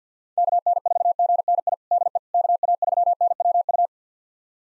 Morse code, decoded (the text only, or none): KN4GNI DE KA3NWU